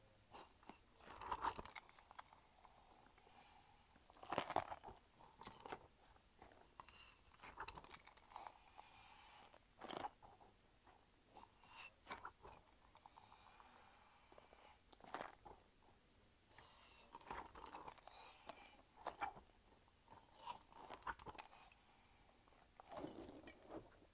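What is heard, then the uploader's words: A light-up spiky ball is handled, bounced and squeezed, giving irregular knocks and rubbery rustles every few seconds. Louder hits land near 1, 4, 10, 15 and 18 seconds, some with a short squeak, over quiet hiss. ASMR Light-Up Spiky Ball.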